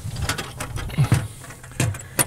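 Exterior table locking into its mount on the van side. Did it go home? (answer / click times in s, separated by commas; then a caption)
yes / 1.8 s, 2.2 s. An optional powder-coated aluminum exterior picnic table with adjustable legs is fitted to its mount on the side of a 2022 Unity Twin Bed & Island Bed van. A few light knocks and rattles are heard as it is positioned, then two sharp clicks at 1.8 and 2.2 seconds as the table locks in place.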